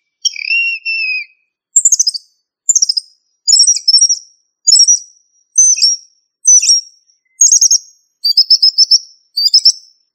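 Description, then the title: Thrush singing a long slurred whistle, then a string of short, bright phrases, roughly one each second, with a run of rapid repeated notes near the end. "Familia Turdidae - Sabia"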